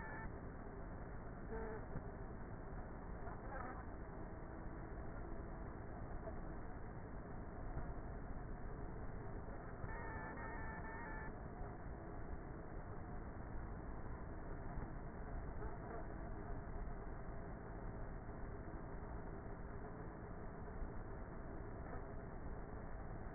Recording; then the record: honeybee colony, microphone inside the hive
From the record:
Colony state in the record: queenless with a low population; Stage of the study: before two queens were removed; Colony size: about 30,000 bees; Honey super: no